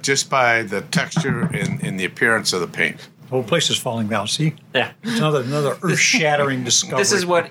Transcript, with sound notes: Just by the texture in the appearance of the paint. *more rumbling*
The whole place is falling down, see? That’s another earth shattering discovery.